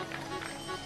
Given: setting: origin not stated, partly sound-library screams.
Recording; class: one-second piece from a danger detection set; normal situation